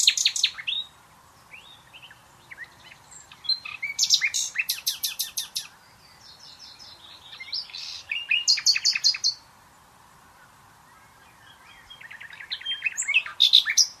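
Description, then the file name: Common nightingale delivering separated song phrases of loud rapid staccato notes and buzzy rattles, with short quiet gaps between bursts. "Luscinia megarhynchos"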